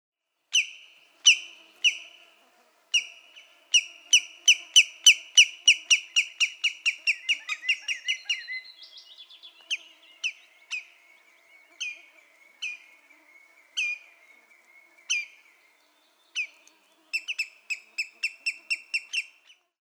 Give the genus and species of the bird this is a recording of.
Tringa nebularia